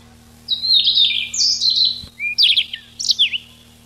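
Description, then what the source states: Siberian rubythroat song: drawn-out whistled notes followed by quick clipped chirps and a swooping whistle, with one sharp click midway. Recorded 6 July 1991.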